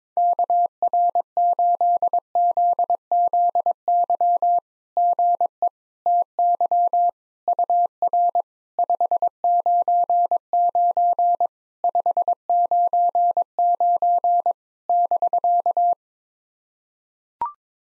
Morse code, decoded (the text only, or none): KR8ZZY GE TY UR 599 599 <BK>